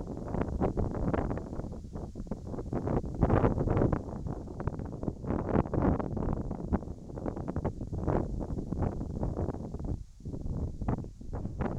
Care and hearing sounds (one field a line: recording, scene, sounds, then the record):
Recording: everyday scene through a hearing-aid microphone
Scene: wind on the microphone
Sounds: wind, whistling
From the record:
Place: in front of a rural house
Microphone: in the ear canal, right